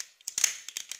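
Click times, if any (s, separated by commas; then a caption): none. The plastic feet of a Transformers R.I.D. Optimus Prime robot figure are being flipped out of the leg joints during its transformation. Short, sharp plastic ticks and knocks come at about 0.3 to 0.4 seconds, with lighter taps near 0.7, 0.8 and 0.9 seconds. The feet have not clicked into place yet.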